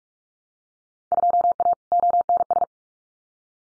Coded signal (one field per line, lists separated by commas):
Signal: Morse code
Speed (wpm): 46 wpm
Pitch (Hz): 700 Hz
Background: none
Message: 2A ONS